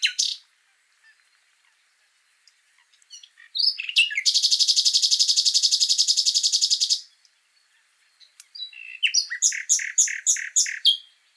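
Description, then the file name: Common nightingale song: a short note, a long gap, then a loud, very fast rattle lasting about three seconds, a pause, and a series of sharp repeated chips. "Luscinia megarhynchos"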